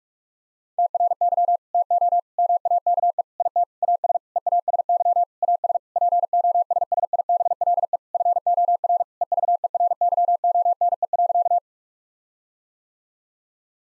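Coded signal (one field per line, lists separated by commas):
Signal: Morse code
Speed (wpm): 41 wpm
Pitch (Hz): 700 Hz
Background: none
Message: TRY TO MAKE IT AS EASY AS POSSIBLE FOR EVERYONE.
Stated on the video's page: Morse code practice at 45 wpm of sentences containing common eight-word phrases, first words spoken as a guide, each sent, spoken, then sent again.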